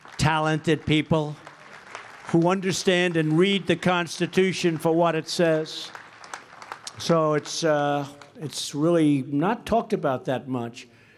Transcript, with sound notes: talented people who understand and read the Constitution for what it says. (Applause.) So it’s really not talked about that much,